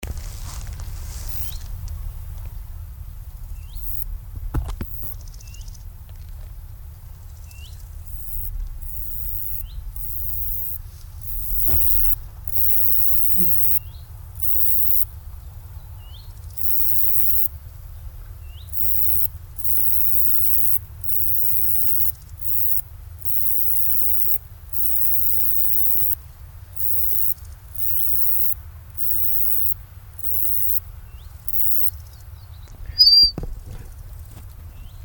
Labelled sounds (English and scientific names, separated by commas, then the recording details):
Roesel's Bush-cricket (Metrioptera roeselii) stridulation
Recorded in the wild
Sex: male
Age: imago
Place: Caputh, Brandenburg, DE
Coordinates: 52.3364, 12.955
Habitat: reeds
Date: 1996-07-21 14:21
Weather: sunny, 23°C
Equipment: Sony MD-WM MZ-R3, Sennheiser MKH 416 T, Kopie Uher 4000 Report Monitor
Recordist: Tembrock, Günter